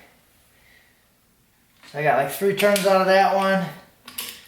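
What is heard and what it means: A click-type torque wrench is pulled on an engine cylinder head bolt and releases at its set torque. Someone talks, then two sharp clicks are heard at about 4.1 and 4.2 seconds as the wrench reaches its setting.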